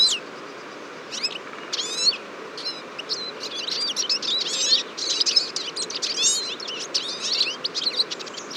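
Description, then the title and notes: Eurasian siskin calls, scattered high sweeping chirps at first, then a thicker burst of overlapping twitters from the flock. Large flock at a feeder on a February morning, 23 February 2014, Fourcinet, Drôme, France; recorded with Nagra Seven and Telinga P7. "Choeur de fringilles. 23 février 2014-Fourcinet - Drôme. à la mangeoire un grand nombre de Tarin des aulnes (Carduelis spinus)"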